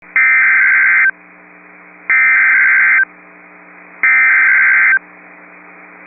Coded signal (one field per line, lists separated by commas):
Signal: Emergency Alert System (SAME) tones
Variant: header bursts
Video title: PDS Tornado Warning (Kidder County, ND) (8/28/24) [EAS #32]